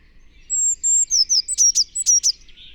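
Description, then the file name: Eurasian blue tit opening with two thin, level high whistles, then a quick series of sharp, descending high notes in pairs. "Cyanistes caeruleus"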